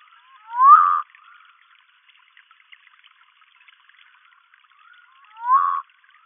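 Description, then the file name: Humayun's night frog calling twice, each an upslurred whistle ending in a short buzzy burst, about five seconds apart, against a quiet background. "Nyctibatrachus humayuni"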